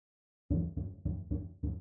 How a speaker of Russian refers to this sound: Откуда-то сверху до нас донесся глухой, едва слышный стук в дверь и суровый властный голос.